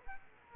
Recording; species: mosquito wingbeat signal from an infrared sensor; Aedes aegypti